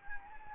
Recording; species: mosquito wingbeat signal from an infrared sensor; Anopheles gambiae